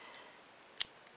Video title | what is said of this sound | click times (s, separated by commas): MG 1/100 GN-X Review | and when you push in these tabs move in so it locks into place just | 0.8 s